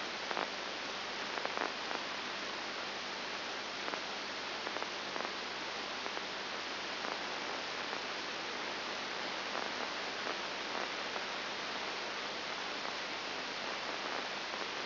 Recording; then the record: brain microelectrode recording played as sound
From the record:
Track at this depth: inside the subthalamic nucleus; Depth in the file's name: 4.701 mm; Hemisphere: left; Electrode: 2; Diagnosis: Parkinson's disease